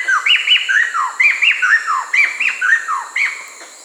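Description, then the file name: Black-hooded laughingthrush giving loud, rhythmic chattering calls: rising and falling notes repeated in a steady, lively sequence. "Golosa ptic - Kapyushonnaya kustarnica Garrulax milleti"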